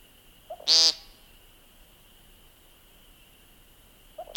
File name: Scolopax minor - American Woodcock